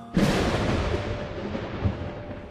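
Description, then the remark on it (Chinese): A sudden loud thunderclap, with lightning under dense dark clouds in a torrential downpour, bursts out and then rumbles on at low pitch. It swells again briefly before a long fading tail, with steady rain hiss beneath it. “阴云密布，滂沱大雨直落而下，落雷闪电，惊天动地。”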